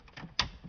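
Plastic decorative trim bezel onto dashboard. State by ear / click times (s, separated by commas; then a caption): seated / 0.4 s. A plastic decorative trim bezel is snapped back onto the dashboard around the car stereo. After faint handling noise, one sharp snap from its clips is heard at 0.4 s, and the plate is seated.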